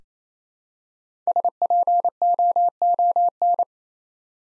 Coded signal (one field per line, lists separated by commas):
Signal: Morse code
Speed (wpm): 27 wpm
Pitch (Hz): 700 Hz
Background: none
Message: SPOON